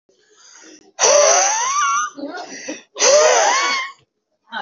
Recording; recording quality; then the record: sustained vowel as in boot; poor, much background noise or distortion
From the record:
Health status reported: recovered from COVID-19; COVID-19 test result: positive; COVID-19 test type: RT-PCR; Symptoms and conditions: cough, cold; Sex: male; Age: 40 years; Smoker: no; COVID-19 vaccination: both doses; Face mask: worn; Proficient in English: yes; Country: India